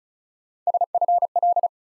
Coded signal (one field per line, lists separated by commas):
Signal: Morse code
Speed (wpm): 36 wpm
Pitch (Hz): 700 Hz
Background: none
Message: SFL